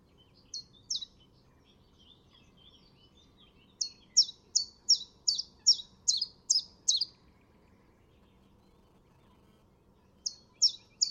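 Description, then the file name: Common chiffchaff delivering repeated high, clipped notes in a run of about nine, with a few softer notes before and another phrase starting at the end. "pouillot veloce"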